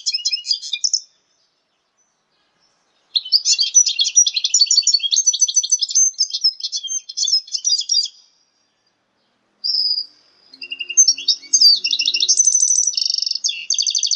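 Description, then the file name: Red siskin x canary hybrid song: a brief phrase, silence, then a long run of fast high trills and twitters, a clear whistle, and more rolling trills. "hibrid red siskin x kenari omkicau"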